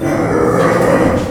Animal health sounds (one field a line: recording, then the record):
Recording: squeal of a Yucatan mini pig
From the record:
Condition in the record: after surgery on the right vocal fold (resection and tissue-engineered implant)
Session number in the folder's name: 2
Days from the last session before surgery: 18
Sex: female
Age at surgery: 19 weeks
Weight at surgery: 25 kg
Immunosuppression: prednisolone